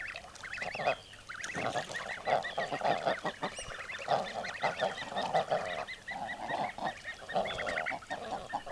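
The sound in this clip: Common eider calls from a flock, many gruff, overlapping mid-pitched notes forming a continuous chatter throughout, with a few higher calls mixed in.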